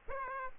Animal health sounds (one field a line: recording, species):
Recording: mosquito wingbeat signal from an infrared sensor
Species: Aedes aegypti